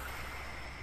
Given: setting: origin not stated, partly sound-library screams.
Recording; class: one-second piece from a danger detection set; normal situation